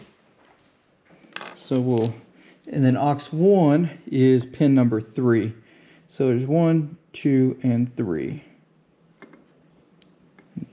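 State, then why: Seated. A crimped terminal pin is pushed into cavity 3 of a gray plastic connector housing while building a wiring harness for aux switches in a 2019+ Ram 2500/3500. Someone talks for most of the clip, then after a few faint ticks a sharp click is heard at 10.0 s as the pin locks and seats, followed by a couple of softer ticks.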